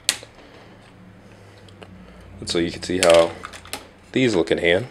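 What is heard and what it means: A plastic ammo pack is clipped back onto an action figure, giving one loud, sharp snap at 0.1 s as it seats in place. A couple of faint small ticks follow, and then someone talks.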